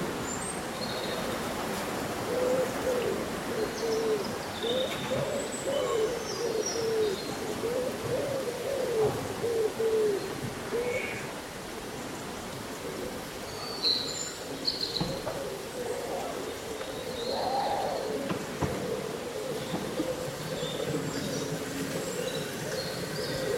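Leaves rustle steadily while birds sing, a low hooting call repeating in the first ten seconds and bright chirps scattered throughout.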